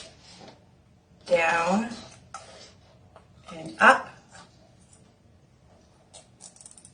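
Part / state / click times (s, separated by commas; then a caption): plastic zip tie tail pulled through its ratchet head on a wreath board / seated / 6.6 s, 6.7 s, 6.8 s. A plastic zip tie tail is threaded down one hole and back up another on a wreath board, then pulled tight through its ratchet head while someone talks. A rapid run of small ratcheting clicks is heard at 6.6, 6.6, 6.7, 6.7, 6.8 and 6.9 seconds as the tie locks in place.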